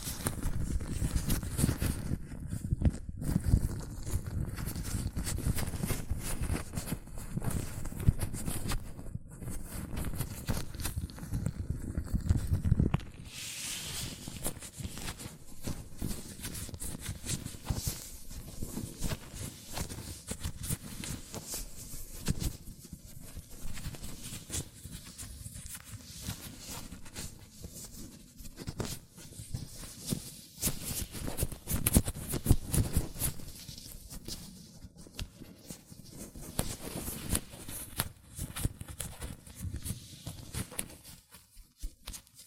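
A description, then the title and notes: Hands rub and flex in latex gloves with dense, continuous squeaking and crinkling, heavier and lower-pitched for the first thirteen seconds, then lighter. ASMR Latex Gloves Hand Sounds (No Talking).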